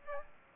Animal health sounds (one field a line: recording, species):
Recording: mosquito wingbeat signal from an infrared sensor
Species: Aedes aegypti